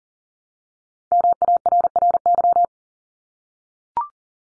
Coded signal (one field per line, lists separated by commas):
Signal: Morse code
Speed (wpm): 40 wpm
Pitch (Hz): 700 Hz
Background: none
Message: MARRY